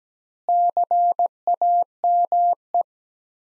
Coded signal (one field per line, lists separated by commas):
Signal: Morse code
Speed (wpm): 17 wpm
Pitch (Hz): 700 Hz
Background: none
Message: CAME